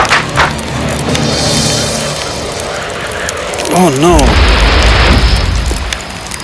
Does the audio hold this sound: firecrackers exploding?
yes